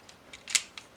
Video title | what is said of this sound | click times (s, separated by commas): 变形金刚MS魔方大比例混天豹旋风玩具开箱 | After unlocking this place Then you can see this part behind it | 0.6 s